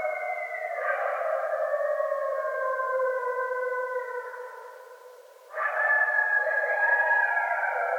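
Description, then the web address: Coyotes howling, several overlapping wavering tones sliding and holding, fading briefly, then a fresh burst of higher howls joins in. Several coyotes, recorded 8 December 2011. "Coyote 2011 12 08 Coyotes"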